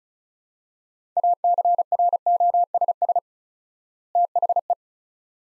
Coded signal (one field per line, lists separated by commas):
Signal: Morse code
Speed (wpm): 36 wpm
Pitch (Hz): 700 Hz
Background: none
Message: ACROSS THE